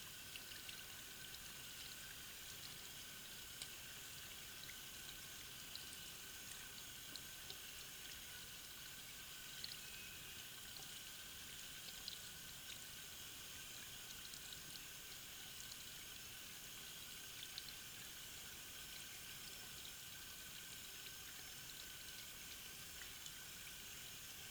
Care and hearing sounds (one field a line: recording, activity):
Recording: daily activity, guitar pickup as the sensor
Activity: wash hands